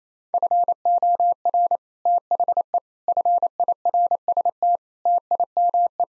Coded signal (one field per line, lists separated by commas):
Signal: Morse code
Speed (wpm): 28 wpm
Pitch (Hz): 700 Hz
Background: none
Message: FOR THE FIRST TIME